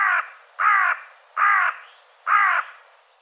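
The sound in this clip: Bird calling with four loud, raspy caws at roughly even intervals.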